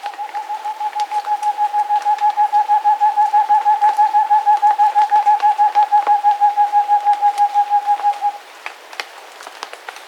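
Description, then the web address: Rufescent screech owl song, a long, even run of low hoots at about three per second for eight seconds, then stopping, over a hissing background with faint clicks. Andes, South America. "Natures Songs S America Andean Birds Rufescent Screech-Owl (Otus Ingens)"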